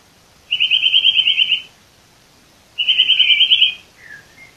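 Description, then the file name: Eurasian nuthatch calling with two quick trills of rapidly repeated high notes, each about a second long, separated by a short pause, ending with a soft whistle. "Sitta europaea"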